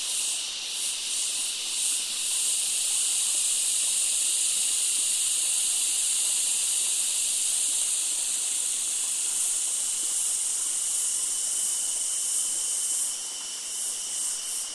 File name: zapsplat nature forest ambience summer creek close by loud insects cicada australia